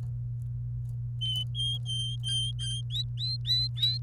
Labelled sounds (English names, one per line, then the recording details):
Domestic Canary song
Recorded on 28 April 2018 at 14:30
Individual llb3